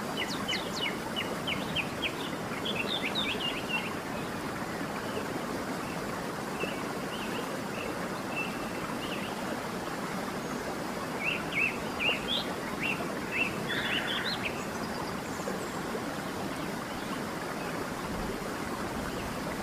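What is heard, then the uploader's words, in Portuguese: A steady, dense waterfall roar fills the scene while birds chirp in quick bright bursts early on and again around twelve to fifteen seconds. Som de Cachoeira e Pássaros.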